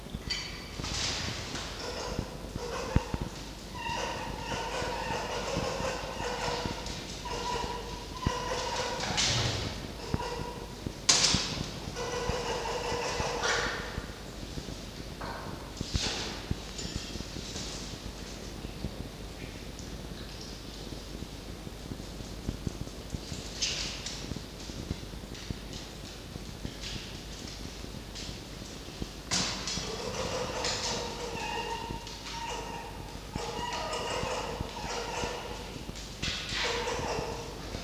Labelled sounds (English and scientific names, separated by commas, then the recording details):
Red Fox (Vulpes vulpes)
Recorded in captivity
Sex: group
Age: diverse
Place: Zoologisches Institut der HUB, Berlin, DE
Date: 1952-07-23 17:00
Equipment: Elmetra
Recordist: Tembrock, Günter